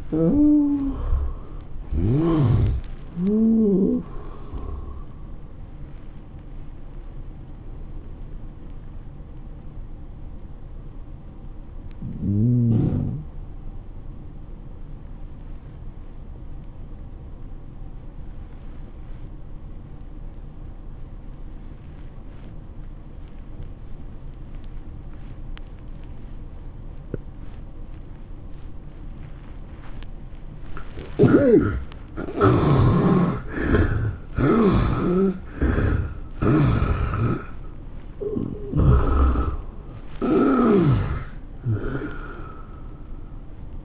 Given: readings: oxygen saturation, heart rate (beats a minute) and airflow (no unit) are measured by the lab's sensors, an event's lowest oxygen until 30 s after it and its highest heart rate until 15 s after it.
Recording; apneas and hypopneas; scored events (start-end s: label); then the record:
breathing in sleep by a smartphone at the bedside; 1
7.00-32.50 s: obstructive apnea (N1, oxygen 96% highest, then 70% lowest, heart rate 103 at the start, 107 highest)
From the record:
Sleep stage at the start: N1 (lightest sleep); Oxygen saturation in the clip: 72 to 96%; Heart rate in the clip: 85 to 110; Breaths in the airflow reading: 6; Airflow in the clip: -12.7 to 10.8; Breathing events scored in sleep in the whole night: 403 in 5.5 hours asleep